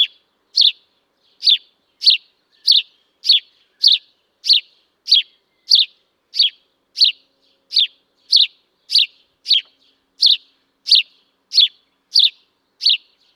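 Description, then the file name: House sparrow chirping insistently, around twenty clipped, bright notes in thirteen seconds at a steady, slightly uneven pace. "Passer domesticus"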